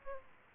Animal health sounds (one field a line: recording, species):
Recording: mosquito wingbeat signal from an infrared sensor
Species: Aedes aegypti